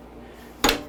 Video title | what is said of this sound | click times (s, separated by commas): Laser Etched Burl | there it locked in so now this is locked in i can use both hands now | 0.6 s